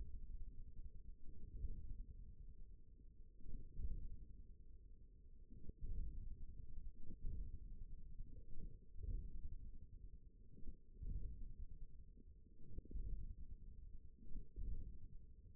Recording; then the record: forearm muscle sounds (acoustic myography)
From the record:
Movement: hook grip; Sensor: system 1, eight BSWA MPA416 microphones around the upper forearm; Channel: 4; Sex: male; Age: 41 years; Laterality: right